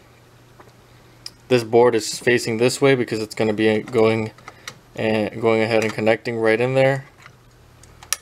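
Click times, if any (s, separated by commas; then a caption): 8.1 s. A plastic ink cartridge, with its chip board facing the carriage contacts, is pushed down into the carriage of an Epson XP 6000 inkjet printer while someone talks. After a few faint taps, a sharp, loud click at 8.1 s marks the cartridge snapping into place, seated.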